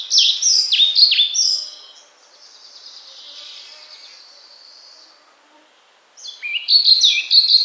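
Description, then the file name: European pied flycatcher song: fast, sweet phrases of high notes dropping in pitch, one at the start and one at the end, with a quiet buzzy trill in between. "mukholovka pestrushka"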